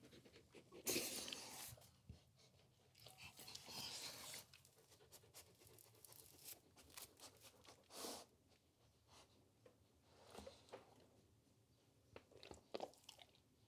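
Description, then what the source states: Dog chewing and sniffing, with irregular crunchy bursts and short breathy snuffles in uneven clusters. Large dog eating dry food and sniffing.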